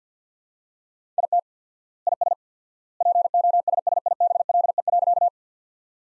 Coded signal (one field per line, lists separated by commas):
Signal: Morse code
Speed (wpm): 50 wpm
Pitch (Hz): 700 Hz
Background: none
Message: IT IS POSSIBLE.